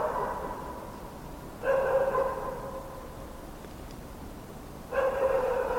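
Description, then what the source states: Dog barking: three drawn-out, harmonic barks separated by pauses, over background noise. Several mongrel dogs barking at night in winter in a courtyard.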